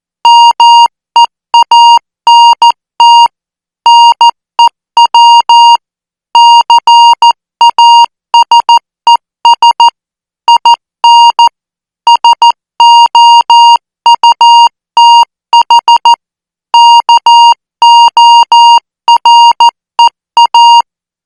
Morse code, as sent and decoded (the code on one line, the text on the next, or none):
-- . .- -. - / -. . .-- / -.-. .- ... . ... / .. -. / ... --- ..- - .... / -.- --- .-. . .-
MEANT NEW CASES IN SOUTH KOREA